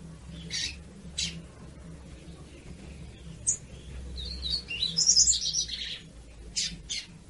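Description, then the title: Yellow-bellied seedeater: a few sharp high chirps, then a quick run of bright, jumbled twittering notes, with a low hum in the background. Female song, used to excite or stimulate males. "Canto de Papa Capim. CANTO DE FÊMEA PARA ESQUENTAR PAPA CAPIM"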